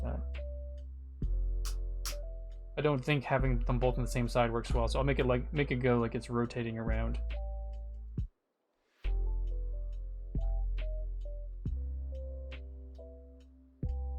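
A plastic LEGO piece is handled and turned to a rotated orientation before being fitted onto the 2011 LEGO VW Camper Van model (10220), because both on the same side doesn't work well. Someone talks over steady background music with a few sharp taps and knocks. Nothing has seated or clicked yet.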